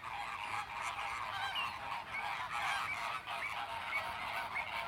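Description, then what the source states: Flamingos in a crowded chorus of nasal honks and grunting calls, steady throughout with occasional louder bursts. Captive flamingos at the Bristol Zoo flamingo enclosure.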